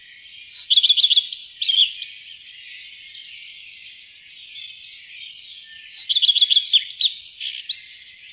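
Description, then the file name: Common redstart song: two brisk phrases about five seconds apart, each a fast run of high repeated notes ending in a jumbled twitter, with soft background chatter between. "roedstjert"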